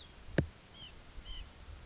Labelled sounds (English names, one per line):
White-breasted Nuthatch